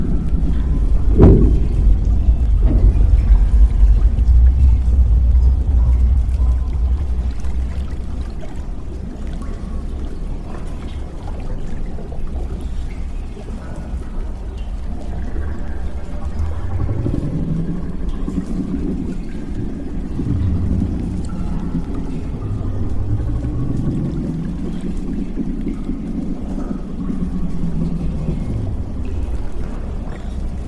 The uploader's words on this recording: Warning!! you are in the damaged underwater lab. Sci-fi ambience.